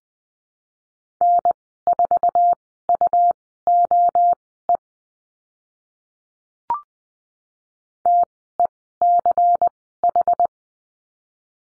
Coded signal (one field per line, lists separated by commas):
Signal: Morse code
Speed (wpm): 20 wpm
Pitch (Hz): 700 Hz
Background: none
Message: N4UOE TECH